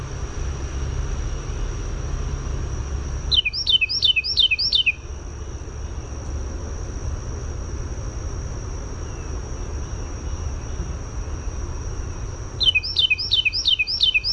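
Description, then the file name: Carolina wren with two bouts of fast repeated phrases, well apart, over a steady high whine and low rumble. "CARW song"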